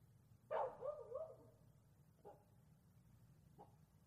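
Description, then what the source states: Dog barking: one loud bark that trails into a wavering, howl-like tone, then two fainter short barks, over a steady low hum. Distant dog bark, heard both near and far, recorded at night.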